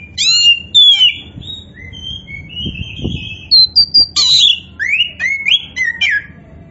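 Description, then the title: Oriental magpie-robin song of strong rising and falling whistles, a drawn-out buzzy note and quick sharp phrases, with faint low thumps behind. Oriental magpie-robin (kacer), poci form, singing vigorously (gacor). "Kacer Poci Gacor"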